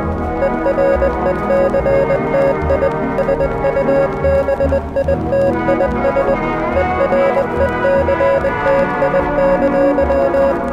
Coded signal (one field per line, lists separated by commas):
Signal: Morse code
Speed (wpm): 20 wpm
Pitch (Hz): 550 Hz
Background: music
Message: ERECTI SUBITIS ERECTI!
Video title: (RQ) North Korea EAS Alarm (1987) (MOCK)